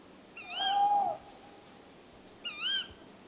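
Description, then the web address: Tawny owl calls, two harmonic notes about two seconds apart, the first a sustained tone, the second shorter, over faint hiss. "STRIX ALUCO. eurasian tawny wood owl"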